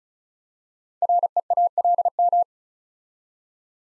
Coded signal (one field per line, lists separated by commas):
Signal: Morse code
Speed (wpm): 36 wpm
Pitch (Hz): 700 Hz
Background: none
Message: REALM